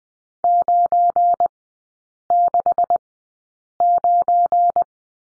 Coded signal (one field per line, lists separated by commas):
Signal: Morse code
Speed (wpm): 20 wpm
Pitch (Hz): 700 Hz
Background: none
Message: 969